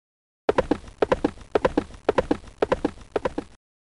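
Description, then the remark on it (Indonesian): Children imitate a horse's hoofbeats with their mouths, making a steady clip-clop in quick triplets that repeat about six times at an even trotting pace. “Kalian bisa menirukan suara langkah kaki kuda.”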